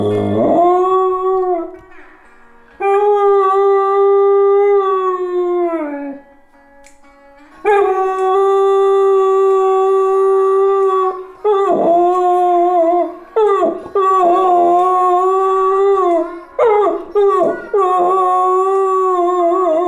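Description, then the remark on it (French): A dog howls in long, sustained, wavering tones, pausing briefly between drawn-out notes, then breaking into shorter, choppier howls toward the end. Loud and alone, with no talking. “C'est plus chant d'oiseau, c'est chant de chien.”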